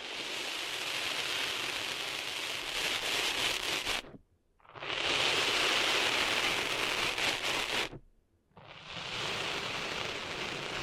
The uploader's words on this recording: ASMR Cleaning Sand Out of Your Ears (No Talking).